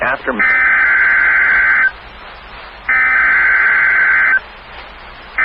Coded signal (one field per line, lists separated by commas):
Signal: Emergency Alert System (SAME) tones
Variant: header bursts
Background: speech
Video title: (EAS#71) Severe Thnderstorm Watch#420